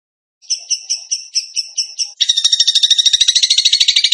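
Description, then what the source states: Bird song: evenly spaced high chip notes, about eight in a row, then an unbroken fast, harsh chattering trill. Masteran training recording in the tembakan gacor style.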